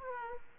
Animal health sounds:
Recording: mosquito wingbeat signal from an infrared sensor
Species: Aedes aegypti

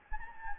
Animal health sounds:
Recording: mosquito wingbeat signal from an infrared sensor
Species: Anopheles gambiae

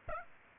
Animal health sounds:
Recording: mosquito wingbeat signal from an infrared sensor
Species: Aedes aegypti

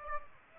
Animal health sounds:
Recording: mosquito wingbeat signal from an infrared sensor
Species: Aedes aegypti

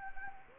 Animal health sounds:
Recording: mosquito wingbeat signal from an infrared sensor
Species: Anopheles gambiae

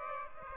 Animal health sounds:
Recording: mosquito wingbeat signal from an infrared sensor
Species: Aedes aegypti

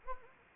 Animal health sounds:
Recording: mosquito wingbeat signal from an infrared sensor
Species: Anopheles arabiensis

